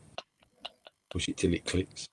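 A plastic part of a snap-fit model kit is pushed toward its mating socket, giving a few faint, short ticks of handling in the first second before someone talks. Nothing has seated or clicked yet.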